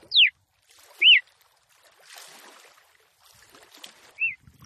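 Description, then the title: Red-cowled cardinal uttering three short whistled notes, a falling slur then two arched ones, separated by quiet rustling sounds. Female red-cowled cardinal song, described as fiery and nervous, said to quickly excite a male. "CANTO DA FÊ MEA GALO CAMPINA FOGOSA LEVANTA FOGOESQUENTA GALO CAMPINA MACHO RAPIDINHO FÊ MEA NERVOSA"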